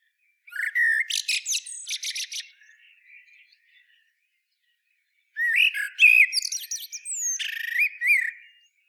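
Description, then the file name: Common blackbird song: two phrases a few seconds apart, each opening with low fluted warbling notes and ending in squeaky, high twittering flourishes, with soft faint notes between. "Turdus merula"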